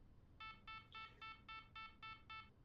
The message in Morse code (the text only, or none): none